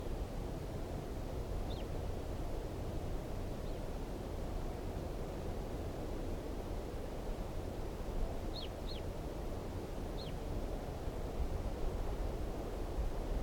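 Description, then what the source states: Crossbill giving a few thin down-slurred chip notes, including a quick pair, over steady low-pitched noise. Wild Type 2 crossbill calling at 5:21.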